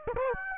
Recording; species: mosquito wingbeat signal from an infrared sensor; Aedes aegypti